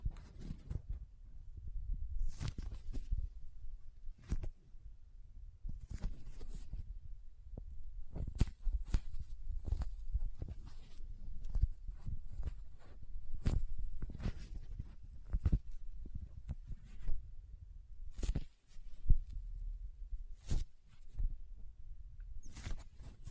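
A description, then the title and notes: Soft squishy, sticky handling with crinkles and sharp cutting snips, irregular bright clicks and pops every second or so over a low rumble. Soft Squishy Sticky, Crinkle, Cutting Sounds.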